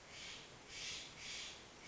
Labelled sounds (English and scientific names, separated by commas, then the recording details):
Steller's Jay (Cyanocitta stelleri)
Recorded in Sonoma County, California